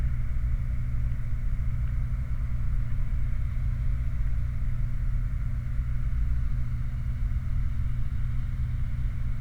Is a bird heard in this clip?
no